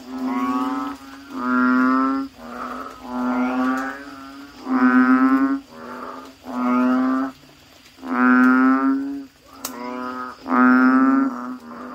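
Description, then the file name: Frog calling with a series of low, nasal, moo-like notes, each under a second long, varying slightly in strength. "suara kodok bangkong"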